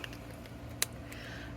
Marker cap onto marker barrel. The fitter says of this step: these ones have a nice click noise to them I like that